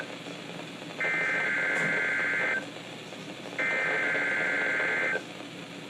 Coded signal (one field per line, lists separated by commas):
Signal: Emergency Alert System (SAME) tones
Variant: header bursts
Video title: High Wind Warning for the NC Mountains | EAS #209 (12/17/2023)